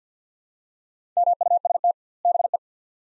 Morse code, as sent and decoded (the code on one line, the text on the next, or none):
-- ..- ... - / -... .
MUST BE